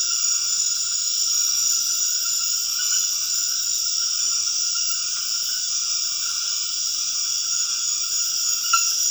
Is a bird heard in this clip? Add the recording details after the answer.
no. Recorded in dense forest near Puerto Asís, Putumayo, Colombia, on 4 March 2025 at 22:00. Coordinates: 0.481, -76.323. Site G088